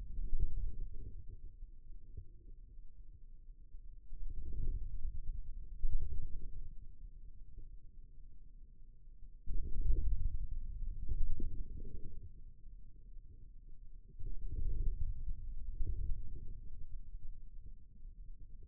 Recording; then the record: forearm muscle sounds (acoustic myography)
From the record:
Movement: inward rotation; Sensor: system 2, bracelet of six BSWA MPA416 microphones around the upper forearm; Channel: 3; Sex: male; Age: 22 years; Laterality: right